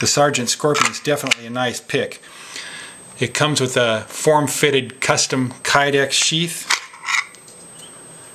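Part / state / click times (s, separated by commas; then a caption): fixed-blade knife into Kydex sheath / seated / 7.3 s. A TOPS Sgt Scorpion fixed-blade knife is pushed into its form-fitted custom Kydex sheath while someone talks. A short snap at 7.4 s marks the knife seating and being retained in the sheath.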